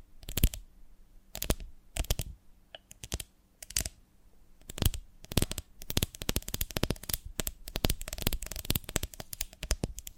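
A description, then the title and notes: Sticky crackling and tapping sounds from a honeycomb on a branch come in irregular bursts, thickening into dense rapid clicking after five seconds. ASMR of a Honeycomb on Branch (No Talking).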